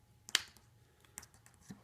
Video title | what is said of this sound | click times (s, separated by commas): Crimping MC4 Solar Connectors | here's some male connector we push this in here and listen for the click | 0.3 s